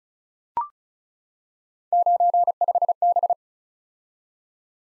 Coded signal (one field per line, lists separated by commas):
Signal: Morse code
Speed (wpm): 36 wpm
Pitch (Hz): 700 Hz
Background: none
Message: 95B